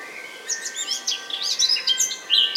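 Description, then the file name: Eurasian blackcap song, a busy, scratchy warble of quick high notes that builds toward a louder, clearer whistle at the end. "Sylvia atricapilla"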